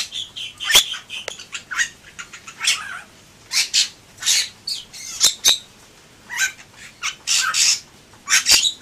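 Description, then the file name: Bali myna calling: a varied run of harsh squawks, sharp clicks and short chattering notes, spaced irregularly with brief pauses between bursts. "suara jalak bali"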